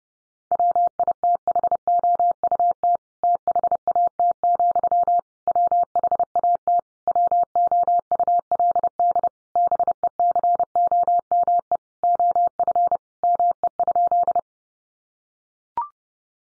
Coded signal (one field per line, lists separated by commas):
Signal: Morse code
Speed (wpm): 30 wpm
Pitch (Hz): 700 Hz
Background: none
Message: WITHOUT THAT, WHAT WOULD BECOME OF ME?